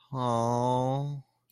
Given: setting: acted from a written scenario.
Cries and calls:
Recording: vocal sound without words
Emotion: adoration

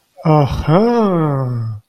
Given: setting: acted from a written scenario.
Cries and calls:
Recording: vocal sound without words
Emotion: realization

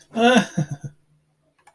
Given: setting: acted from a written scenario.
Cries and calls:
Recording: vocal sound without words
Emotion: amusement

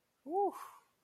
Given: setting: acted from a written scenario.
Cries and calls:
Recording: vocal sound without words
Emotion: contentment

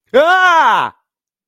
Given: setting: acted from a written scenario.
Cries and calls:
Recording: vocal sound without words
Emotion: fear

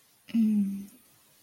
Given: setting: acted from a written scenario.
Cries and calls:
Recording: vocal sound without words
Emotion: romantic love

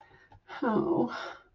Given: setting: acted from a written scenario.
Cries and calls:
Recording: vocal sound without words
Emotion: desire

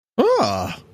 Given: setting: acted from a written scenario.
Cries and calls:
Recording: vocal sound without words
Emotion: interest

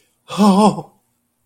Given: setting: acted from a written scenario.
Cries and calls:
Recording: vocal sound without words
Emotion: elation

